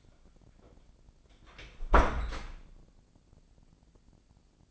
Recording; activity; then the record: daily activity, microphone in the room; close door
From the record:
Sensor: 5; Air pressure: 1009.3 hPa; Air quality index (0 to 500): 164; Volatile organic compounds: 2 ppm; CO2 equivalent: 1251 ppm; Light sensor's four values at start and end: 123/289/125/135 and 123/288/124/134